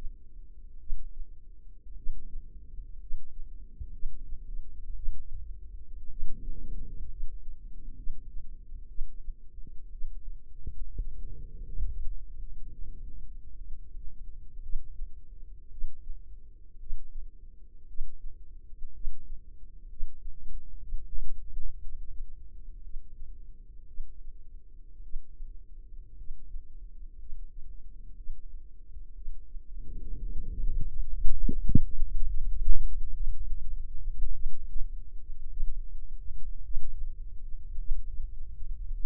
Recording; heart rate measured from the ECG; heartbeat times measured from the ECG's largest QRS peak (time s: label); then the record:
heart sounds by microphone in the left ear; 58 bpm
0.78 s: heartbeat
1.95 s: heartbeat
2.99 s: heartbeat
3.91 s: heartbeat
4.94 s: heartbeat
6.09 s: heartbeat
7.08 s: heartbeat
7.95 s: heartbeat
8.87 s: heartbeat
9.90 s: heartbeat
10.97 s: heartbeat
11.90 s: heartbeat
12.70 s: heartbeat
13.56 s: heartbeat
14.61 s: heartbeat
15.69 s: heartbeat
16.78 s: heartbeat
17.86 s: heartbeat
18.92 s: heartbeat
19.88 s: heartbeat
20.80 s: heartbeat
21.80 s: heartbeat
22.82 s: heartbeat
23.86 s: heartbeat
25.02 s: heartbeat
26.16 s: heartbeat
27.18 s: heartbeat
28.15 s: heartbeat
29.14 s: heartbeat
30.20 s: heartbeat
31.05 s: heartbeat
31.96 s: heartbeat
33.13 s: heartbeat
34.31 s: heartbeat
35.47 s: heartbeat
36.61 s: heartbeat
37.76 s: heartbeat
38.92 s: heartbeat
From the record:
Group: healthy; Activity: rest 0-30 s, Valsalva maneuver 30-39 s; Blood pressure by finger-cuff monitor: 101/68 mmHg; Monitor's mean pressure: 77 mmHg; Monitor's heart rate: 58 bpm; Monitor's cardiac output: 4.3 L/min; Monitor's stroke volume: 75 mL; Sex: female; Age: 36 years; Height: 163 cm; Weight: 88 kg